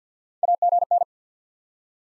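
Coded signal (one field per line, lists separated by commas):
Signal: Morse code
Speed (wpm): 48 wpm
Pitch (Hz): 700 Hz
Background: none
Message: AGN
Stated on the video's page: Morse practice at 50 wpm: simulated SOTA QSO exchanges, sent, spoken, then sent again.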